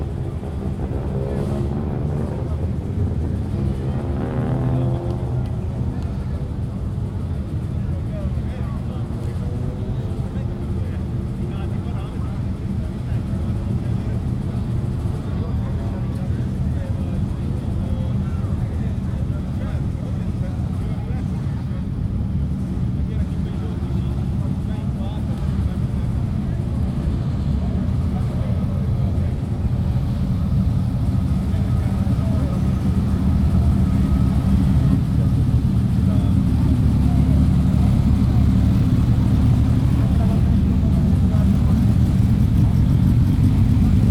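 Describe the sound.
A small town square, Piazza Piccola in Sassuolo, filled with a steady low rumble of traffic and the murmur of voices. Speech comes through clearly in the first half, then a heavier vehicle drone swells and grows louder from around thirty seconds on.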